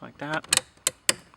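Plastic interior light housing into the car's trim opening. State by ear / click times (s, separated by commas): seated / 0.9 s, 1.1 s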